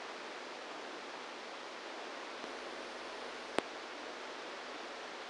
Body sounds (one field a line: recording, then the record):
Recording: brain microelectrode recording played as sound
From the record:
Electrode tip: inside the subthalamic nucleus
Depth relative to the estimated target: -2 mm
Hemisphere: right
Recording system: NeuroSet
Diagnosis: Parkinson's disease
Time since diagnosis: 27 years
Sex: male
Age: 62 years